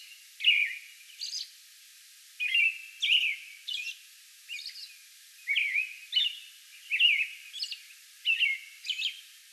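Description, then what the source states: American robin giving a bout of rich whistled caroling phrases separated by short gaps, with soft high notes. Recorded May 11; a bout of song.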